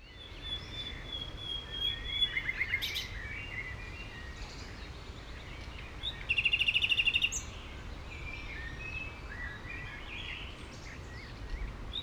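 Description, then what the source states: Common nightingale song opening with a long thin whistle, short chirp groups, then a loud fast run of repeated notes, with constant low background hum. Recorded at Heidekampgraben along the Mauerweg in Berlin, Germany, former Berlin Wall area; recorded with Sony PCM-D50 and Primo EM172 microphones.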